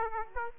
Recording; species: mosquito wingbeat signal from an infrared sensor; Aedes aegypti